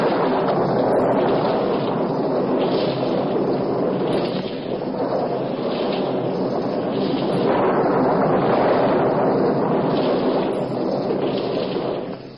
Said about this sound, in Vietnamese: Chúng gây ra một trận bão khủng khiếp và phóng những tia sấm sét xuống quanh ngài.